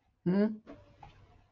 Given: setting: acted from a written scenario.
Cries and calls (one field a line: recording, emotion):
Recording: vocal sound without words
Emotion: neutral